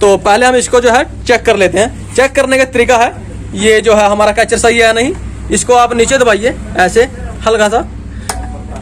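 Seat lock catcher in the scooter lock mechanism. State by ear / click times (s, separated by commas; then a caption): seated / 8.3 s. A man talks as the metal catcher of a Honda Activa scooter's seat lock mechanism is pressed down lightly by hand to check it. A sharp metallic click is heard at 8.3 s as the catcher locks into place.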